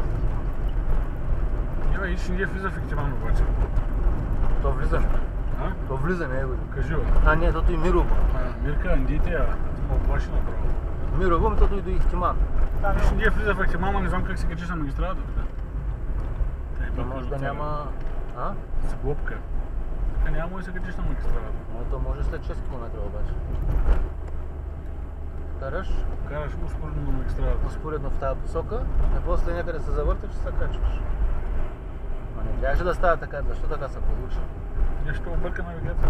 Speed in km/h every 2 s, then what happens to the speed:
60, 60, 58, 59, 57, 55, 55, 53, 50, 47, 46, 44, 42, 44, 45, 44, 46, 47.
0-13 steady at about 58. 13-24 slows to 42. 24-36 steady at about 44.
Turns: none.